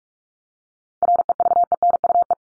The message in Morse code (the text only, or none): REVENUE